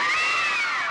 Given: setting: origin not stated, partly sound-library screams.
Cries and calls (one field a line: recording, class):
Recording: one-second piece from a danger detection set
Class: woman in danger